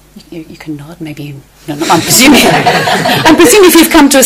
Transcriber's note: laughter